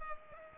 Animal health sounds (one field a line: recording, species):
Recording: mosquito wingbeat signal from an infrared sensor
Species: Culex pipiens